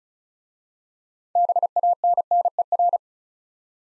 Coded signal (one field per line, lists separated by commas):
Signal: Morse code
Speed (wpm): 36 wpm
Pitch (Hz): 700 Hz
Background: none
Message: BANNER